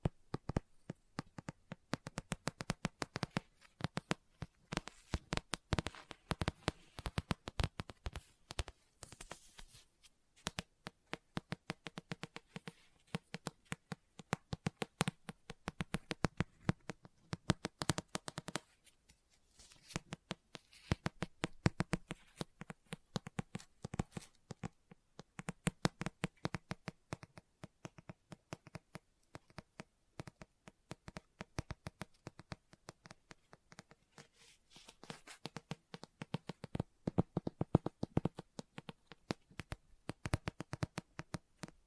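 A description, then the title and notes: Fingers tap and scratch a book, a dense run of crisp clicks with brief pauses near 10 and 19 seconds. Book Tapping, Scratching, Page Turning.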